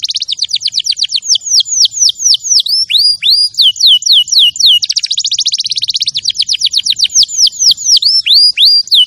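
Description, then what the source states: Canary song: rapid trills alternating with slower swooping whistled notes in repeated cycles, bright and continuous. Champion canary song used as a master recording for training other birds.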